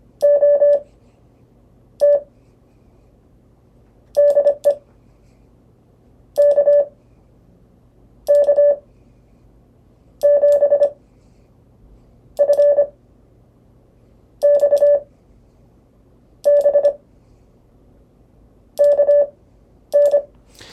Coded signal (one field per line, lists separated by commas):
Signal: Morse code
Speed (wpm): 25 wpm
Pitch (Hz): 580 Hz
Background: none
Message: OT DE KK7FXB KN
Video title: CW PROSIGNS